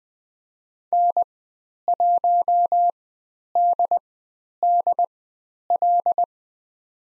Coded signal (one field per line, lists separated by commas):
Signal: Morse code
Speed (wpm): 20 wpm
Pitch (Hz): 700 Hz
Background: none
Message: N1DDL